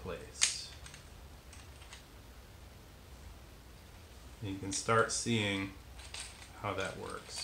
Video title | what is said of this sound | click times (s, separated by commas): FDL-3 (Wee) Assembly | just pop into place you | 0.4 s